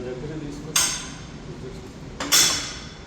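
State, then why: Seated. Someone talks while bringing the two adjustable parts of a home exercise machine closer together. A sharp clink is heard at 2.2 s as the adjustment locks into place on the machine's frame.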